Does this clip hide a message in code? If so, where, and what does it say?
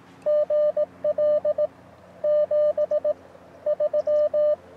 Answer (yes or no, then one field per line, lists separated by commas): yes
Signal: Morse code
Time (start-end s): 0.3-4.5 s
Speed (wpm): 19 wpm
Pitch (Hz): 600 Hz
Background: radio noise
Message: GL 73